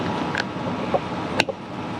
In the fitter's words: there we go they just pop right on like that